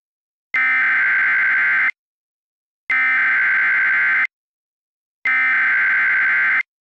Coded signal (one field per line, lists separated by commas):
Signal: Emergency Alert System (SAME) tones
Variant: header bursts